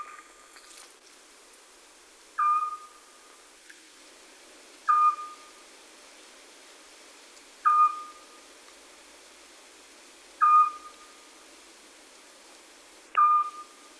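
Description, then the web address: Eurasian scops owl uttering a monotonous short whistle five times at a regular rhythm, with a few clicks and rustles at the start and end. "chatillon hibou petit duc"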